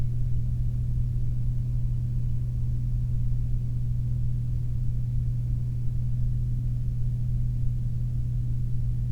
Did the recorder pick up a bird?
no